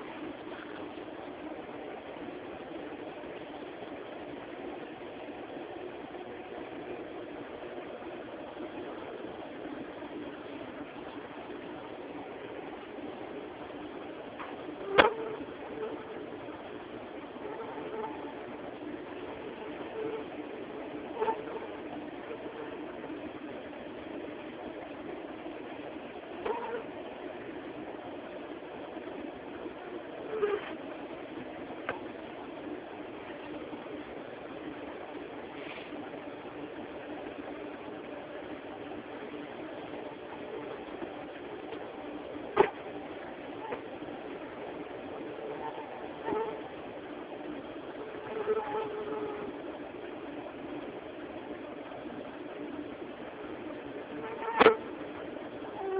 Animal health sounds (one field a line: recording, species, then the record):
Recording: mosquito flight sound by mobile phone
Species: Aedes mediovittatus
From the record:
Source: UCD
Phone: Samsung T209